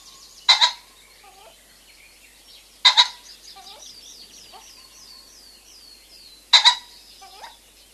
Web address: common pheasant